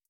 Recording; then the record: hydrophone in a shrimp aquaculture tank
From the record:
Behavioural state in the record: feeding